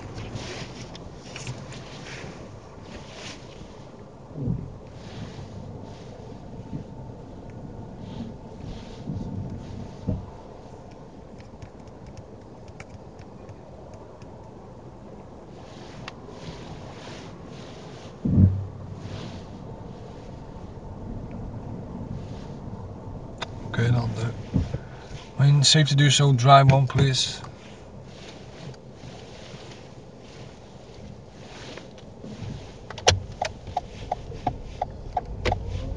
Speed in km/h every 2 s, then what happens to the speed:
0, 0, 0, 0, 0, 0, 0, 0, 0, 2, 2, 0, 0, 0, 0, 0, 3, 8.
0-31 standing. 31-36 pulls away to 8.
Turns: none.